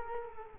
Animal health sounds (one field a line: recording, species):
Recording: mosquito wingbeat signal from an infrared sensor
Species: Culex quinquefasciatus